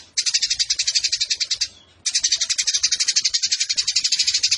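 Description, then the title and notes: Eurasian tree sparrow giving a harsh, rapid chatter of high chirps, with one brief gap. Fighting-style sparrow with a long 'nembak' (rapid shooting) song and clear voice, used as a tutor recording for birds entered in song competitions. "GEREJA TARUNG NEMBAK PANJANG SUARA JERNIH. Burung Gereja"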